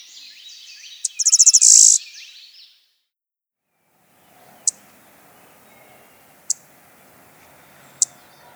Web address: Blue-winged Warbler